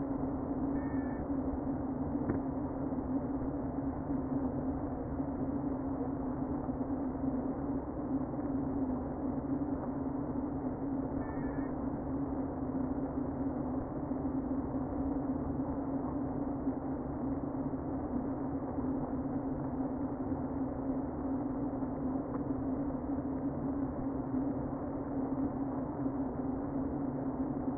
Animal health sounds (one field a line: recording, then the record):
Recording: honeybee colony, microphone inside the hive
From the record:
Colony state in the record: queen present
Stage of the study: before two queens were removed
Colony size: about 60,000 bees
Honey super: yes